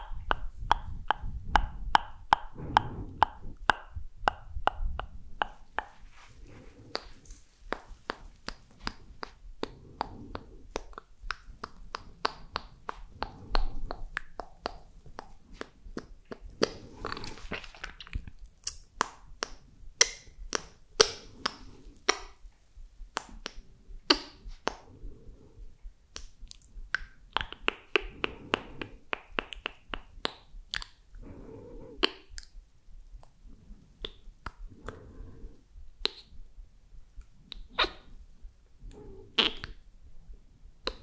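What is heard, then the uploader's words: Wet mouth sounds and chewing fill the recording, with rapid sharp clicks and smacks packed densely in the first few seconds, then arriving in looser irregular bursts. Occasional low soft thuds sit under the clicks, and the recording is otherwise quiet. ASMR Mouth Sounds Chewing Sounds.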